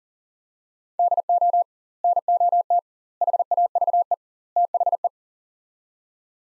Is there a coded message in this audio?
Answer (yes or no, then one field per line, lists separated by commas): yes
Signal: Morse code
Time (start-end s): 1.0-5.1 s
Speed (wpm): 40 wpm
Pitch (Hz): 700 Hz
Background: none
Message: DO NOT HAVE THE